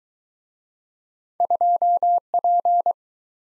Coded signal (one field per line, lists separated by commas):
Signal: Morse code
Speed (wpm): 24 wpm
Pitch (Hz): 700 Hz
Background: none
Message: 2P